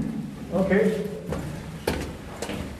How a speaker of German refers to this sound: Die Schritte werden ein wenig langsamer. Selbst 170 Stufen haben irgendwann ein Ende.